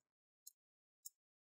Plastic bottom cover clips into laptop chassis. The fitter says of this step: and on the front those nice big huge click sound that's what you want to hear all right